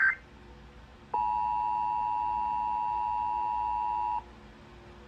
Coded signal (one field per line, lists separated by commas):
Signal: Emergency Alert System (SAME) tones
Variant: 853 and 960 Hz attention tone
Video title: MARGINAL INSANITY 12: SEABREEZE 6 DAY BUST - EAS Alerts From 8/29/25 - 9/3/25 (EAS #4623-4639)